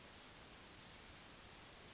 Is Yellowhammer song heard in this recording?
no